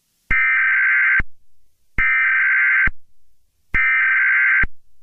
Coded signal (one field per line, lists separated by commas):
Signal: Emergency Alert System (SAME) tones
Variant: header bursts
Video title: EAS scenario 5: Herobrine 2: We are under attack